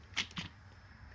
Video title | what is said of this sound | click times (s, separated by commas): 😎How to change the p touch label maker tape cartridge😎 | carefully you don't break anything and it'll just click in place | 0.2 s